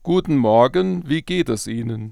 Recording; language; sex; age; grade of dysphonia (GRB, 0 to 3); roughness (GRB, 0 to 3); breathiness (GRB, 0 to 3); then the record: spoken sentence; German; male; 60 to 69 years; 2; 0; 0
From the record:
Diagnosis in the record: functional dysphonia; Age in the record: 60 years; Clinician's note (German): Hypoton, psychogene Komponente